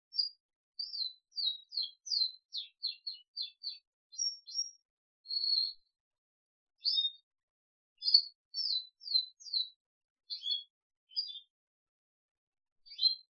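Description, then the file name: Crested canary song, fairly soft: rapid high downslurred chirps in quick series, a few whistled notes, then sparse notes after pauses. "audio kenari jambul"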